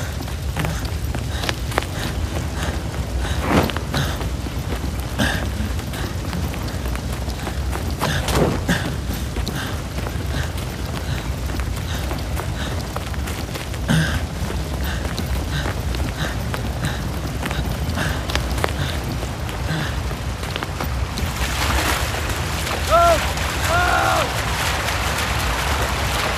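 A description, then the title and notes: A wildfire roars with a steady, dense low rumble, broken by frequent sharp crackles and pops scattered across the whole stretch. Past the twenty-second mark the sound turns brighter and hissier, with a few thin whistling squeals rising above the blaze. Sound Design – Wildfire. You're walking in the forest when suddenly...there's a wildfire.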